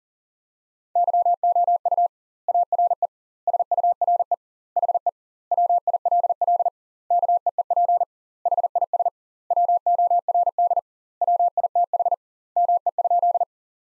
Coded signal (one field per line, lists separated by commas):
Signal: Morse code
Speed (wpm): 40 wpm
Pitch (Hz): 700 Hz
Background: none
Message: YOU ARE SURE HE WILL KEEP HIS WORD WITH ME?